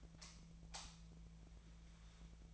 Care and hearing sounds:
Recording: daily activity, microphone in the room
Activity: light off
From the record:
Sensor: 1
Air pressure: 1009.8 hPa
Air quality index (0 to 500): 190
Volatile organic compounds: 18 ppm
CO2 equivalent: 2603 ppm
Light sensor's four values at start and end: 47/134/55/63 and 36/90/38/46

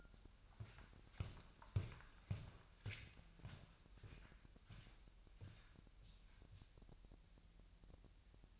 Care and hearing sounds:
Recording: daily activity, microphone in the room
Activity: walk to room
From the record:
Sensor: 2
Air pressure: 1001.8 hPa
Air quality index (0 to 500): 246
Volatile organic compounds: 34 ppm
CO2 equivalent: 3031 ppm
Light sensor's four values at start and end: 7/17/7/7 and 7/17/7/7

